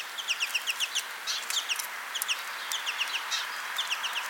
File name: Carduelis tristis - American Goldfinch